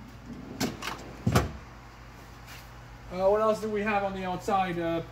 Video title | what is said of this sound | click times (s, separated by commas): 2024 VENTURE RV SPORTTREK 291VRK | out and it locks in place in | 1.4 s